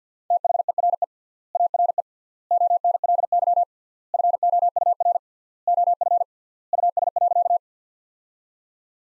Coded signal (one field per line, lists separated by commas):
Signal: Morse code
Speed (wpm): 50 wpm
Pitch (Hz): 700 Hz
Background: none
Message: THERE ARE ONLY FOUR OF US.